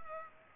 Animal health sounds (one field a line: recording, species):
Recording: mosquito wingbeat signal from an infrared sensor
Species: Culex pipiens